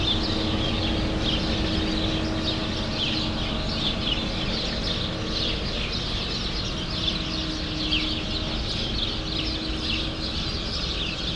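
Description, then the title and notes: Sparrows chatter constantly, many overlapping quick chirps, over a low rumble and a faint steady tone. Sparrows in a grove at Rue Saint-Jean Népomucène, Brussels, Belgium; recorded with Earsight V2 AB microphones into a Mixpre-3. "Rue Saint-Jean Népomucène 13, 1000 Bruxelles, Belgique - Sparrows - Moineaux. Moineaux dans un bosquet. Sparrows in a grove"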